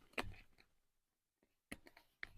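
A hybrid crampon's heel bail is handled against the heel welt of an Arc'teryx Acrux LT mountaineering boot, making short knocks and scrapes at about 0.2, 1.7, 1.9 and 2.2 seconds with a quiet gap in between. Nothing has seated or clicked yet.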